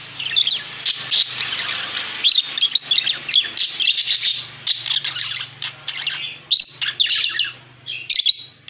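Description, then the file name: Parakeet twittering, busy squeaky warbles and chirps running on, over a faint low steady hum. Lure sound used for catching birds. "pancingan suara burung parkit"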